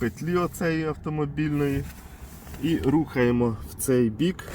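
A child car seat's Isofix latch is aimed at the car's Isofix anchor loop and moved toward it while someone talks over low background noise. Nothing has seated or clicked yet; the latch is not yet home on the anchor.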